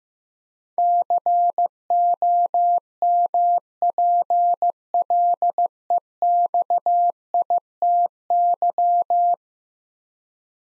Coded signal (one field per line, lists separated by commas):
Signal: Morse code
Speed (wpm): 15 wpm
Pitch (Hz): 700 Hz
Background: none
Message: COMPLEXITY